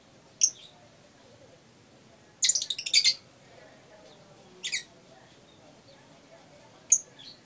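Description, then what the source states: Lovebird chirping, piercing single squeaks and one dense buzzy burst near the middle, separated by quiet gaps. Masteran, a training song recording for caged birds.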